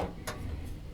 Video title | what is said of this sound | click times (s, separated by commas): Bathroom Exhaust Fan Not Starting? Replace It Now | fan just hinges in on one side and then it just snaps in on the | 0.3 s